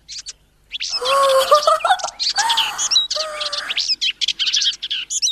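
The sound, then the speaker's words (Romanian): Many hungry sparrows chirping in a busy, overlapping chorus: bright, high tweets and short calls pour out almost nonstop, loud and lively, with a brief pause near the start and no voices. “Vrăbiuțelor! Ce vreți să vă fac? Sunteți multe și flămânde, vă cred.”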